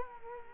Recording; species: mosquito wingbeat signal from an infrared sensor; Culex quinquefasciatus